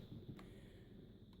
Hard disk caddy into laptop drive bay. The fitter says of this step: and then it clicks,